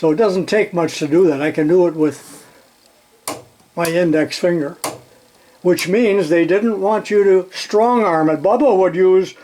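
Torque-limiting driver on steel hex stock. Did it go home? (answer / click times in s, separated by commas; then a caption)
yes / 3.3 s. A 50 inch-pound torque-limiting driver on steel hex stock clicks over at 3.3 s with a short, sharp snap after only light finger pressure, confirming that it takes little force to reach its limit. Someone talks before and after the click.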